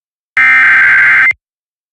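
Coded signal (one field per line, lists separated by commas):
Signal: Emergency Alert System (SAME) tones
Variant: header bursts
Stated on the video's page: Weekly test tones, using WJON products credited to another creator.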